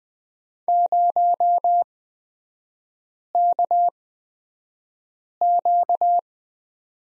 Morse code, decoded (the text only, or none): 0KQ